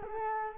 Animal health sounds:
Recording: mosquito wingbeat signal from an infrared sensor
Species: Culex quinquefasciatus

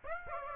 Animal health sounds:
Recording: mosquito wingbeat signal from an infrared sensor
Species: Aedes aegypti

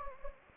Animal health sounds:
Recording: mosquito wingbeat signal from an infrared sensor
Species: Anopheles gambiae

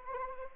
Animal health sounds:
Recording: mosquito wingbeat signal from an infrared sensor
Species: Anopheles arabiensis

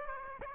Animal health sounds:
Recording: mosquito wingbeat signal from an infrared sensor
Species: Aedes aegypti

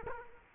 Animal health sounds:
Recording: mosquito wingbeat signal from an infrared sensor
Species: Culex quinquefasciatus

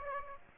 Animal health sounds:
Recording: mosquito wingbeat signal from an infrared sensor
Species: Aedes aegypti

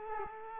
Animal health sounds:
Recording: mosquito wingbeat signal from an infrared sensor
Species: Culex quinquefasciatus

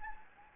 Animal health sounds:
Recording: mosquito wingbeat signal from an infrared sensor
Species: Anopheles gambiae

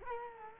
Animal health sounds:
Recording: mosquito wingbeat signal from an infrared sensor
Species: Culex quinquefasciatus

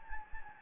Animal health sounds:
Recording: mosquito wingbeat signal from an infrared sensor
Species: Anopheles gambiae

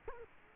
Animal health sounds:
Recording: mosquito wingbeat signal from an infrared sensor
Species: Culex quinquefasciatus

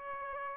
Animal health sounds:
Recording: mosquito wingbeat signal from an infrared sensor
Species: Aedes albopictus

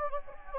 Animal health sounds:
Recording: mosquito wingbeat signal from an infrared sensor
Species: Anopheles gambiae

